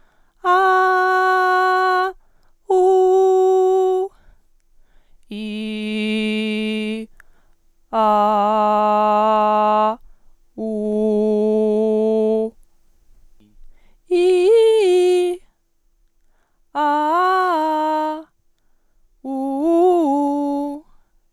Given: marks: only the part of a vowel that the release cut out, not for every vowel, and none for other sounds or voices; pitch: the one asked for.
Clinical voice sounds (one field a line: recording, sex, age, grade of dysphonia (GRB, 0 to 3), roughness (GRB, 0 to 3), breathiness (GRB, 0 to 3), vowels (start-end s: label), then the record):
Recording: sustained vowels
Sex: female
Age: 20 to 29 years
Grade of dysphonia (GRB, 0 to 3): 0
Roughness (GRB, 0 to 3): 0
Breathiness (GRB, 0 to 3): 0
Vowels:
0.64-1.91 s: vowel /a/, high pitch
2.88-3.90 s: vowel /u/, high pitch
5.50-6.85 s: vowel /i/, low pitch
8.26-9.76 s: vowel /a/, low pitch
10.96-12.34 s: vowel /u/, low pitch
14.26-15.20 s: vowel /i/, low-high-low pitch
16.87-18.06 s: vowel /a/, low-high-low pitch
19.39-20.60 s: vowel /u/, low-high-low pitch
From the record:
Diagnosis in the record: healthy voice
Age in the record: 21 years